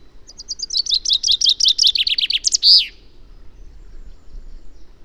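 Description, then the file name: Common chaffinch song: one quick series of bright notes that ends in a sharp flourish, followed by quiet low background noise. "Fringilla coelebs"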